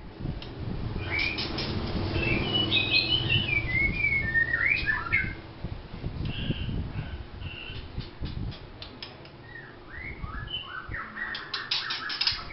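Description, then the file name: White-rumped shama song: tumbling whistled notes and short slurs, partly masked by steady low background noise. Vietnam. "shama vietnam omkicau"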